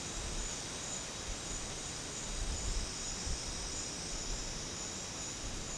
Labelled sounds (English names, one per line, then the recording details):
none
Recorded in secondary vegetation near Puerto Asís, Putumayo, Colombia, on 8 March 2025 at 14:00
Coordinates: 0.485, -76.322
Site G040